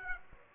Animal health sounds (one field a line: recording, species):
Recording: mosquito wingbeat signal from an infrared sensor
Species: Aedes aegypti